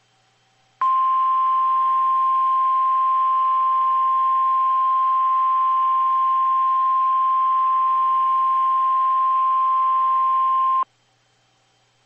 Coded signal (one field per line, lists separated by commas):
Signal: Emergency Alert System (SAME) tones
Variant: 1050 Hz attention tone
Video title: NOAA - 2 High Wind Watches (EAS #1,297 1,298) READ DESC